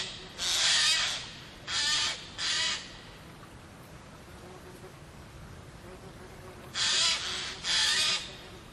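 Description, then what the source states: Eurasian jay giving harsh, rasping screeches, three in the first three seconds, then a pause and two more near the end, over quiet background. Pine forests, 2020.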